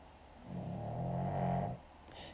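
A dog snoring in the background of a room: a single low, rumbling snore lasting about 1.3 seconds, a fluttering vibration on the in-breath likened to a little jackhammer, followed by quiet breathing.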